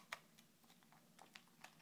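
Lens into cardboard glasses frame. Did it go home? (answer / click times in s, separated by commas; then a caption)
yes / 0.1 s. A convex plastic lens is pressed into its slot in a folded cardboard VR-glasses frame. A sharp click at 0.1 s marks the lens locking into place, followed by a few fainter ticks and taps. The lens is seated.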